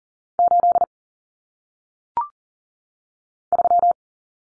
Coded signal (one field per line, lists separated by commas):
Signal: Morse code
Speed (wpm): 40 wpm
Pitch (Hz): 700 Hz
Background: none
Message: 8 3